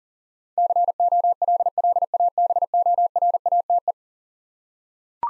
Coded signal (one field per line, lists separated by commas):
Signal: Morse code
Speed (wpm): 37 wpm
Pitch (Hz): 700 Hz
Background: none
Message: COLLABORATE